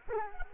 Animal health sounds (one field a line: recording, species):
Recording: mosquito wingbeat signal from an infrared sensor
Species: Culex quinquefasciatus